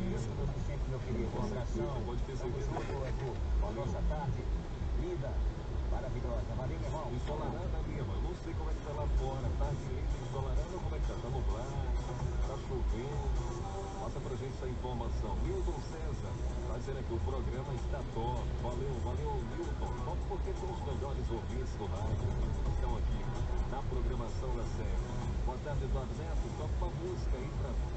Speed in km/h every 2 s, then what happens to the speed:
0, 0, 0, 0, 0, 0, 0, 0, 0, 0, 0, 0, 0, 0.
0-28 standing.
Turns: none.